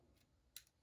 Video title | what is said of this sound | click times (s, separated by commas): FN Five Seven (FN 5.7) Complete Disassembly /Reassembly (Firearm Maintenance) | there I heard it click in so now that spring that pin can't be pushed out | 0.6 s